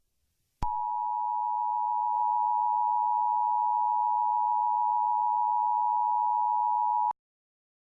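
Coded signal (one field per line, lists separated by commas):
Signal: Emergency Alert System (SAME) tones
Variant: 853 and 960 Hz attention tone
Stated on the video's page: Fictional EAS scenario.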